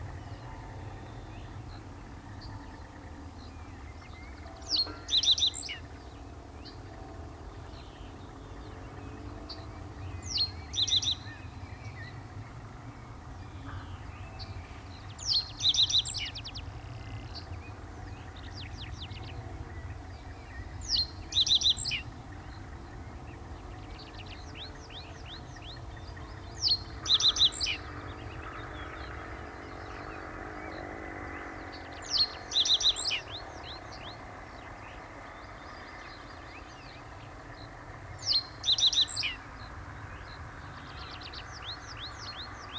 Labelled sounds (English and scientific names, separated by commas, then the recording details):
Reed Bunting (Emberiza schoeniclus) song
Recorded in the wild
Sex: male
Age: adult
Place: Anhauser Weiher, Baden-Württemberg, DE
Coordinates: 48.8458, 10.6578
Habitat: Weiher
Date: 1971-05-04
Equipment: Uher Report 4200, Scotch-Classic 19cm, AKG D190C in Doppelparabolreflektoren
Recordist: Krey, Winfried